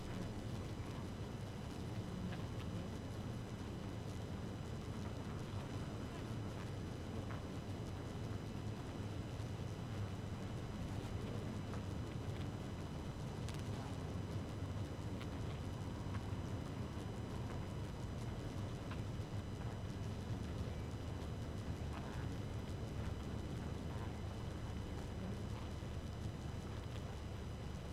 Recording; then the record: honeybee colony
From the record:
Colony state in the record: active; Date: 12 June 2018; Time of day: 4:10